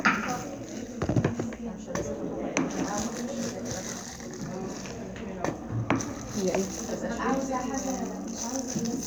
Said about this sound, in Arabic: بصوا يا اخويا معايا، دي كوباية هنشوف المقادير دلوقتي، ومعايا استكاريه وحطيتها قفلت بيها الكوباية، تمام؟ شوفوا كده لما خبط على الكوباية هيبقى فيه صوت ولا لا؟ صوت جامد ولا ضعيف؟